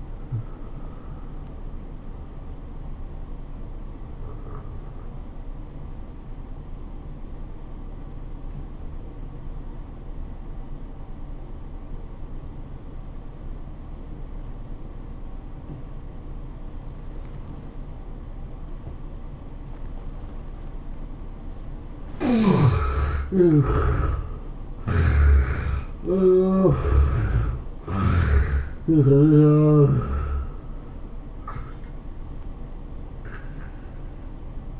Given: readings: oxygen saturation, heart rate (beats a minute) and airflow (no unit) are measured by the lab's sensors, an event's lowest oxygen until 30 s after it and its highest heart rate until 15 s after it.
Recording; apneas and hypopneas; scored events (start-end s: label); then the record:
breathing in sleep by a smartphone at the bedside; 1
4.00-22.80 s: obstructive apnea (N1, oxygen 93% highest, then 75% lowest, heart rate 88 at the start, 105 highest)
From the record:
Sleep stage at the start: N1 (lightest sleep); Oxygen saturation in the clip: 67 to 93%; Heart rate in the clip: 79 to 111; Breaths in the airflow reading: 4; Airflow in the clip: -13.9 to 16.0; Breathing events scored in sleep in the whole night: 403 in 5.5 hours asleep